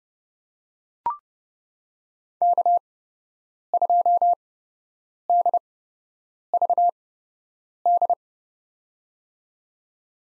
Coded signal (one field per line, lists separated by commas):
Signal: Morse code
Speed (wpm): 30 wpm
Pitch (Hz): 700 Hz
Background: none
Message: K2DVD